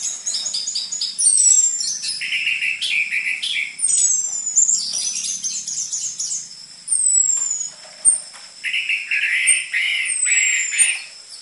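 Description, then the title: Orange-headed thrush song in several bursts of quick twittering phrases and sweeping high whistles, separated by brief pauses, with a constant high-pitched tone behind. Actively singing orange-headed thrush; lure recording with dense filler material, suited for tutoring spotted (Trotol) orange-headed thrushes. "PANCINGAN Anis Merah Gacor Materi Isian Rapat Cocok Untuk MASTERAN Anis Merah TROTOL"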